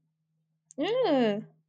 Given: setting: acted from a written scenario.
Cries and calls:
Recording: vocal sound without words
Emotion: disgust

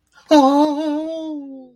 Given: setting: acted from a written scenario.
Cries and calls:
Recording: vocal sound without words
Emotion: positive surprise

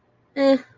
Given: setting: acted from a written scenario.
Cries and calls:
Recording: vocal sound without words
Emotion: neutral

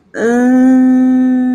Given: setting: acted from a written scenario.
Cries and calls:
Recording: vocal sound without words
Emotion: confusion

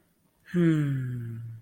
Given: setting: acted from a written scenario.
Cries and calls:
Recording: vocal sound without words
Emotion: ecstasy

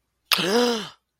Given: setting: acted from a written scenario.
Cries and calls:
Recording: vocal sound without words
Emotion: realization

